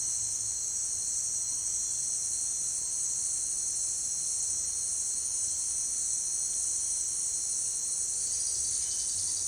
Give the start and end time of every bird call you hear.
8.73s-9.16s: bird call (2.2-3.4 kHz)

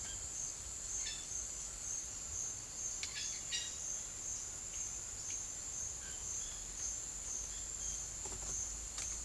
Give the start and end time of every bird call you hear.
0.95s-3.92s: bird call (1.3-5.8 kHz)
6.05s-8.02s: bird call (1.1-5.4 kHz)

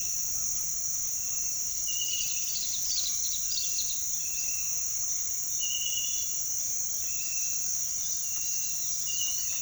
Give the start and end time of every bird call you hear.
1.79s-4.24s: bird call (2.6-5.7 kHz)

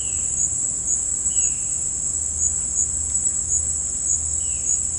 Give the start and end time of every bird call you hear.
0.00s-1.79s: bird call (2.0-3.7 kHz)
4.31s-4.66s: bird call (2.1-3.5 kHz)

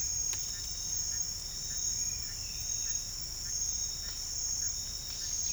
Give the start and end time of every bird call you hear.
0.00s-5.52s: bird call (0.8-2.7 kHz)

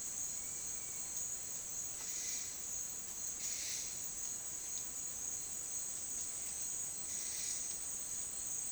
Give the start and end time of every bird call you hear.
1.97s-2.60s: bird call (1.3-8.2 kHz)
3.40s-3.88s: bird call (1.5-8.9 kHz)
7.06s-7.67s: bird call (1.4-8.7 kHz)

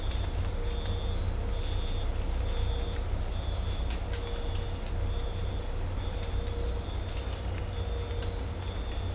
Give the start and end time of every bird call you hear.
0.18s-0.27s: bird call (10.3-12.9 kHz)

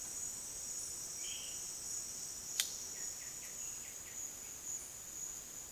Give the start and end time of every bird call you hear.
2.91s-4.39s: bird call (1.1-3.8 kHz)

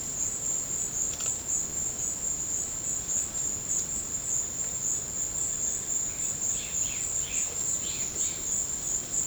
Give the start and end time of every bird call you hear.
6.46s-8.46s: bird call (1.5-5.1 kHz)

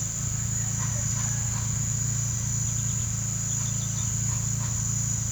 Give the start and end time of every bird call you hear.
0.60s-1.70s: bird call (0.4-6.0 kHz)
2.50s-4.11s: bird call (2.4-5.4 kHz)

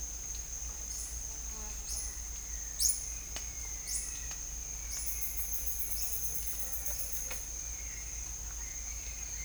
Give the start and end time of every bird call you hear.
0.91s-1.11s: bird call (3.9-10.7 kHz)
1.85s-2.07s: bird call (3.9-11.3 kHz)
2.76s-2.97s: bird call (3.6-21.2 kHz)
3.85s-4.16s: bird call (3.4-21.0 kHz)
4.89s-5.07s: bird call (2.9-21.9 kHz)
7.55s-8.20s: bird call (1.1-3.5 kHz)
8.56s-9.45s: bird call (0.5-3.6 kHz)

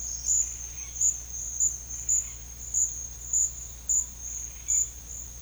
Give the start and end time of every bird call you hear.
0.38s-0.92s: bird call (1.2-3.8 kHz)
1.94s-2.50s: bird call (1.6-3.8 kHz)
4.16s-4.96s: bird call (1.4-4.1 kHz)

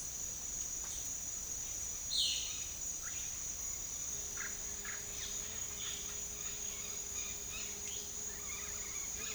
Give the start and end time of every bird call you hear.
2.05s-2.58s: bird call (2.0-4.7 kHz)
4.31s-9.34s: bird call (0.6-4.9 kHz)

